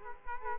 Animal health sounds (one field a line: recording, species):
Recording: mosquito wingbeat signal from an infrared sensor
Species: Culex quinquefasciatus